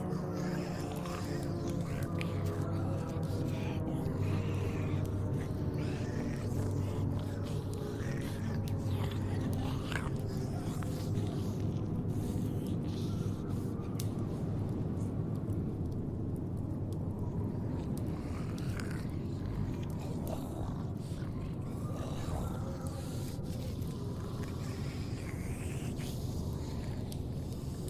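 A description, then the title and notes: A dense, continuous bed of low groaning and moaning zombie voices fills the whole stretch at a steady loudness, with wavering pitched moans rising above it. Scattered sharp clicks and wet snaps, like biting and chewing, crop up throughout. Zombie apocalypse ASMR Ambience. Zombie eat/bite/moan.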